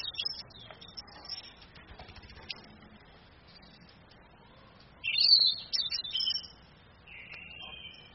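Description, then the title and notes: Orange-headed thrush song: after several quiet seconds of faint ticks, a burst of rich warbled notes followed by a softer whistled note. Female bird; used as training audio for other birds, played from a phone screen. "ANIS KEMBANG BETINA CAS DENGAN LAYAR HP. Masteran Anis Kembang"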